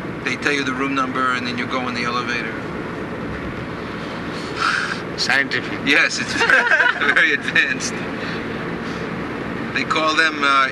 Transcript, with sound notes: they tell you the room number, and then you go in the elevator.
Scientific. [laughter]
Yes, it's very advanced. They call them